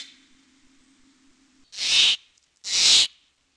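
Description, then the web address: Steller's Jay calling twice with grating, noisy shrieks about a second apart, after a faint low hum. "Peterson North American Birds"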